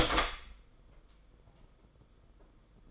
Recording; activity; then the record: daily activity, microphone in the room; open door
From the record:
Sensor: 5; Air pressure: 990.5 hPa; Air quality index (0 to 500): 149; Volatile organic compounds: 157 ppm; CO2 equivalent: 4055 ppm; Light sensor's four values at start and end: 26/63/26/28 and 27/64/26/29